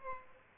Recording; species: mosquito wingbeat signal from an infrared sensor; Aedes albopictus